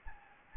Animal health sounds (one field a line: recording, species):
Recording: mosquito wingbeat signal from an infrared sensor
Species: Anopheles gambiae